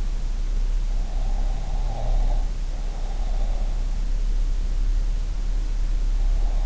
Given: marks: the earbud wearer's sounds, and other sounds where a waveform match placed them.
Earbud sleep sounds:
sounds in sleep by an in-ear microphone; breath
1.77-3.55 s: breath

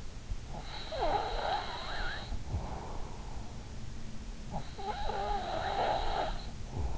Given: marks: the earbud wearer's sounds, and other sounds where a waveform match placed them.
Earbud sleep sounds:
sounds in sleep by an in-ear microphone; breath
0.12-2.75 s: breath
4.01-6.98 s: breath

